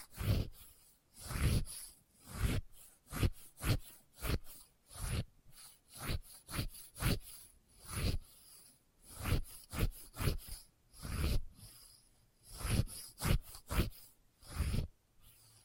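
Experimental triggers made with test tubes: a steady run of short rubbing, scraping strokes, roughly one or two each second, each with a deep thump underneath and a bright hiss on top. Brief silences separate the strokes, and some come in quick pairs.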